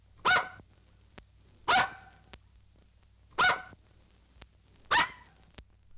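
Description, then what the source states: Scottish terrier barking: four sharp, single barks spaced roughly every one and a half seconds, with quiet pauses and faint clicks between them. Dog barking.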